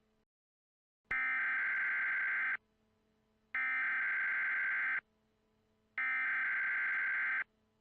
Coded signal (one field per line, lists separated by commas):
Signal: Emergency Alert System (SAME) tones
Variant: header bursts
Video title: EAS Scenario: Squall Line Catastrophe - Part 1